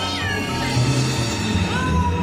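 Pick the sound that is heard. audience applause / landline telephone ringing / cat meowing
cat meowing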